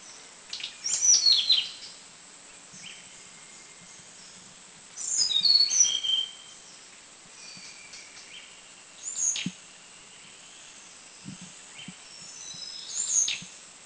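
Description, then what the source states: Hill blue flycatcher song: short high, sparkling phrases of quick falling notes, spaced several seconds apart, with soft background noise and faint low ticks. Song, northern Thailand.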